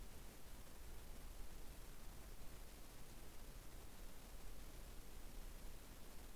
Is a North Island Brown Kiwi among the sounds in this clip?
no